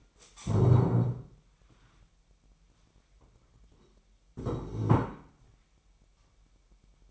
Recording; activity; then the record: daily activity, microphone in the room; stand up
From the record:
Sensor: 1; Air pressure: 998.6 hPa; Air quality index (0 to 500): 120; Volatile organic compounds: 3 ppm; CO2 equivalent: 1444 ppm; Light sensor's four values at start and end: 10/25/10/12 and 10/25/10/12